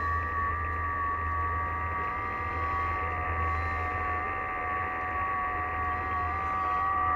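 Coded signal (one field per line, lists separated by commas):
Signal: FT8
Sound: several faint steady warbling tones layered together over hiss and low hum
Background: radio static, mains hum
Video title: E6AF, Niue Is., Pacific Ocean, OC-040, 7MHz, FT8, Worked by HL2WA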